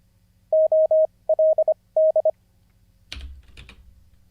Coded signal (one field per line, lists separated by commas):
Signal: Morse code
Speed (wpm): 25 wpm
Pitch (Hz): 630 Hz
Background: none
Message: OLD